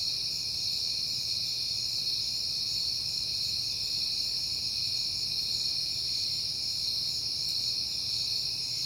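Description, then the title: Crickets fill the night with a level, shrill, ringing chorus over a low background hum. Crickets at night in September on a peaceful night; crickets heard often lately. "Night Time: Crickets and Passing Cars"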